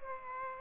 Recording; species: mosquito wingbeat signal from an infrared sensor; Aedes aegypti